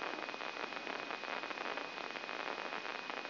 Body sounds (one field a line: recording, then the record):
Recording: brain microelectrode recording played as sound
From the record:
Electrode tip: inside the subthalamic nucleus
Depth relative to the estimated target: 1 mm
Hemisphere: right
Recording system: AlphaMap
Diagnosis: Parkinson's disease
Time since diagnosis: 16 years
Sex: male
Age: 60 years